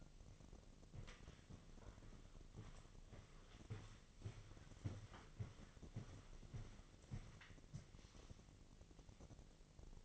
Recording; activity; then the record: daily activity, microphone in the room; walk to room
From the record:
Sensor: 4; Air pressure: 1000.3 hPa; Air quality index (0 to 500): 210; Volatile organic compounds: 20 ppm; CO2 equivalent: 2706 ppm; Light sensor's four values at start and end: 9/21/8/8 and 9/20/8/7